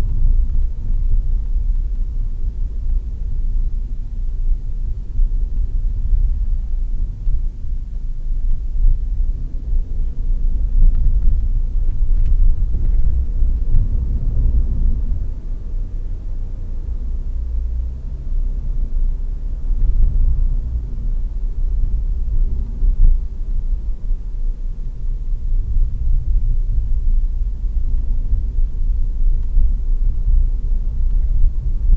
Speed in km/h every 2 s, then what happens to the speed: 36, 31, 30, 25, 32, 37, 41, 48, 50, 51, 50, 43, 39, 40, 41, 42.
0-6 slows to 25. 6-17 speeds up to 51. 20-24 slows to 39. 24-32 steady at about 40.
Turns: none.